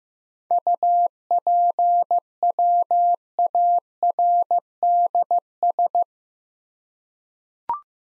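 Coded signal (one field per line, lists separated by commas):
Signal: Morse code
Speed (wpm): 15 wpm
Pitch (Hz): 700 Hz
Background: none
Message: UPWARDS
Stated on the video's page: Morse practice of 7-letter words at 15wpm, each word sent twice, for head-copy training.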